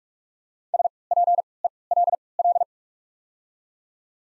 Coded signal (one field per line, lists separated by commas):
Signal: Morse code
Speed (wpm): 48 wpm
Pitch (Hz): 700 Hz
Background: none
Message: SPELL